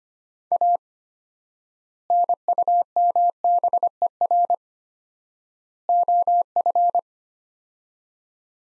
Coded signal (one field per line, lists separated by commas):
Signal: Morse code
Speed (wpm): 25 wpm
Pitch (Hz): 700 Hz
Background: none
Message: A NUMBER OF